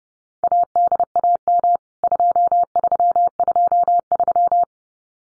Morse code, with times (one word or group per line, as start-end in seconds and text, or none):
0.4-1.8 ADAM
2.0-4.6 2323